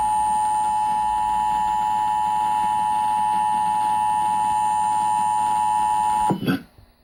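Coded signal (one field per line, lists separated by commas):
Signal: Emergency Alert System (SAME) tones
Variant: 853 and 960 Hz attention tone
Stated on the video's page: Very loud required monthly test for Orange, Putnam, Rockland and Westchester counties, New York, received over Verizon Fios.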